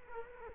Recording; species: mosquito wingbeat signal from an infrared sensor; Culex quinquefasciatus